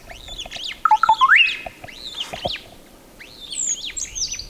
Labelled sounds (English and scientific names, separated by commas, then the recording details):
Superb Starling (Lamprotornis superbus) flight call
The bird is a male
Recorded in Kenya on 9 April 2009 at 09:14
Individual 62, of group MRCV